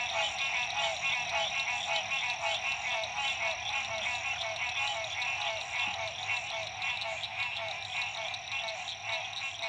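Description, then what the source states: Frog chorus, overlapping buzzy trills pulsing rhythmically around twice a second, with a steady high-pitched hum in the background. Frogs at dusk, La Rue PH, Illinois.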